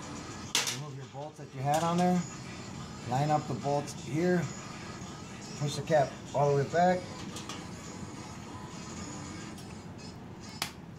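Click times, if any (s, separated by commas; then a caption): 10.6 s. On a 2014 Ducati Panigale, the oil filter cover cap, oriented the right way round, is pushed all the way back into its bore in the motorcycle engine case while someone talks. After the speech, a short, sharp snap is heard at 10.6 s as the cap snaps home and is seated.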